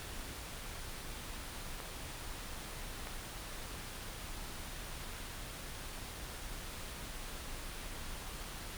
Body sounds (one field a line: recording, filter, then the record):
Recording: brain microelectrode recording played as sound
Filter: wide band, above 20 Hz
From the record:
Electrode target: subthalamic nucleus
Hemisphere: right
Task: reaching with the left hand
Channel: 1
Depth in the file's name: 5.102 mm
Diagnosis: Parkinson's disease